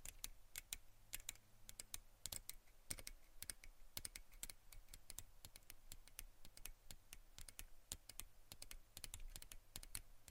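Quick, sharp taps come in an uneven, fairly dense stream across the whole ten seconds, sounding much like typing on a keyboard. Some hits land in tight clusters while others are spaced out, and a low, steady hum sits underneath throughout.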